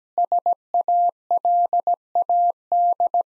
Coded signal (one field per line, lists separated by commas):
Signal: Morse code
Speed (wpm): 17 wpm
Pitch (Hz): 700 Hz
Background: none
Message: SALAD